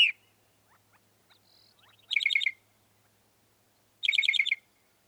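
Northern mockingbird song: two matching bursts of quick buzzy repeated notes about two seconds apart, with faint soft notes in between.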